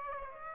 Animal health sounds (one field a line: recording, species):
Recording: mosquito wingbeat signal from an infrared sensor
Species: Aedes aegypti